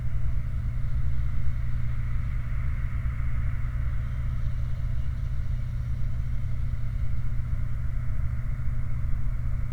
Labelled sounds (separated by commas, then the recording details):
machinery, flare stack
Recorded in the Prudhoe Bay oil fields, Alaska, on 29 July 2019 at 04:24
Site 29